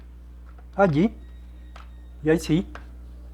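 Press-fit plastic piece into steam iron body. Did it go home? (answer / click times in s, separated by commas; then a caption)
no / none. While reassembling a steam iron, a small press-fit plastic cover piece is handled at the iron body, with its small tab hooked in first before pressing it home. Someone talks twice over a steady low hum, with faint short ticks at about 0.5 and 0.6 s and a sharper tap at 1.8 s. Nothing has seated or clicked yet; the clip ends just before the piece goes home.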